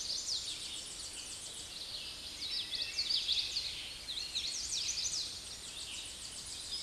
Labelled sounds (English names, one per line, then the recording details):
Common Yellowthroat song
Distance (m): 20 m
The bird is about 5 m above the microphone
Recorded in a Pennsylvania forest on 16 May 2024 at 06:59
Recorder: AudioMoth, point MSD-2417
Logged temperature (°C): 16.4 °C
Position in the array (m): 85 m, 84 m